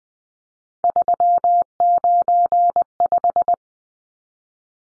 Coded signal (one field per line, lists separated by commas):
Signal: Morse code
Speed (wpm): 20 wpm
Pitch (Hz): 700 Hz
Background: none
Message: 395